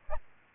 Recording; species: mosquito wingbeat signal from an infrared sensor; Aedes aegypti